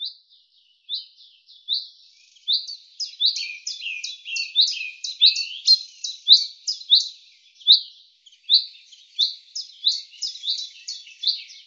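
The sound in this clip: Common chaffinch song, repeated phrases of rapid sharp high notes with brief pauses, on a silent background.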